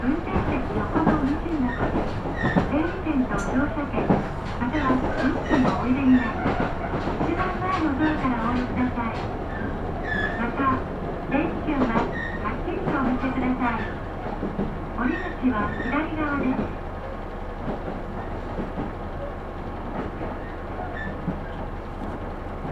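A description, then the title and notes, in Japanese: Aboard a Kyūdai Main Line train, a steady low rumble runs under frequent speech and announcements, with clacks and squeals as it slows toward Kurume. 久大本線 田主丸→久留米。田主丸から久留米まではずっと久留米市内を走ります。終点の久留米駅は久大本線用の切り欠きされた2番線に到着します。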